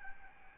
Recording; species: mosquito wingbeat signal from an infrared sensor; Aedes albopictus